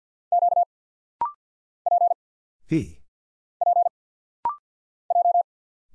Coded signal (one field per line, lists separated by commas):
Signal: Morse code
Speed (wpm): 48 wpm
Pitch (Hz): 700 Hz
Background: none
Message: Q P P J